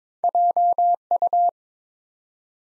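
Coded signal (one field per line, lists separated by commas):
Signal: Morse code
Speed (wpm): 22 wpm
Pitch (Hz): 700 Hz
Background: none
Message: JU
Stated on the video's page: Morse practice at 22 wpm building 3- to 5-letter words one letter at a time, for instant character recognition.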